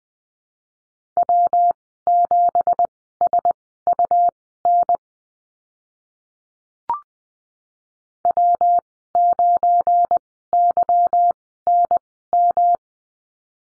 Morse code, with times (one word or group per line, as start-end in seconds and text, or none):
1.2-5.0 W7SUN
8.2-12.8 W9YNM